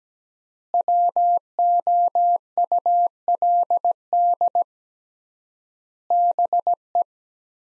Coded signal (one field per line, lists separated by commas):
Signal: Morse code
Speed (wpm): 17 wpm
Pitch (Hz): 700 Hz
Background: none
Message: WOULD BE